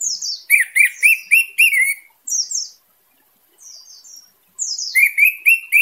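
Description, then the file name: Orange-headed thrush song: loud, rich phrases of rapid slurred chirps repeated in bursts, a short pause with softer notes, then the fast phrase returns. Singing intensely; song style described as 'teler' and 'gacor dor'. "suara anis merah teler gacor dor"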